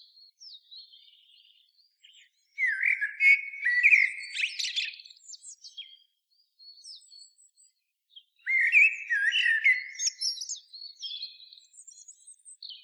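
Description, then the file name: Common blackbird singing mellow low warbled phrases that break into high scratchy twittering, two full phrases separated by a short pause. "Turdus merula"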